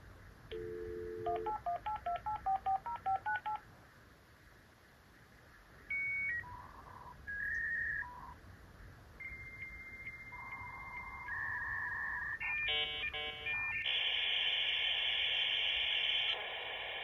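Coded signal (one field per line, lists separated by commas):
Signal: dial-up modem handshake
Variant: 56k (V.90)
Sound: dial tone, quick dialing beeps, answer tones, warbling, then loud steady hiss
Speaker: On ajoute la carte et on est parti.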